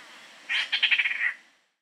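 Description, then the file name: Squirrel cuckoo producing a brief dry, chattering rattle of rapid harsh notes lasting under a second, ending on a slightly longer note. Amazon region; Peru and Ecuador. "Squirrel Cuckoo (Piaya cayana), Peru, Ecuador"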